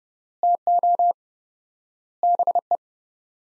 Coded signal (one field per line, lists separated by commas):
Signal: Morse code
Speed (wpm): 30 wpm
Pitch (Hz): 700 Hz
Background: none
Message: TO BE